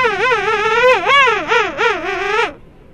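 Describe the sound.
King penguin trumpeting call, a loud nasal warbling phrase wavering up and down in pitch for about two and a half seconds, then stopping abruptly.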